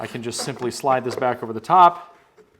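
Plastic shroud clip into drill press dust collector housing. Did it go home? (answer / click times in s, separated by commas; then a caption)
no / none. After a bit change, the plastic shroud clip of a drill press dust collection attachment is slid back over the top and pushed toward the plastic housing while someone talks. A brief sharp sound cuts in at about 2.6 s at the very end, but nothing has seated or clicked into place yet.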